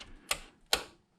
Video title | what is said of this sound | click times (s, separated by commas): A (not so short) PC build | there we go you hear it click click they're in that's it you shouldn't be able to yank them out | 0.3 s, 0.7 s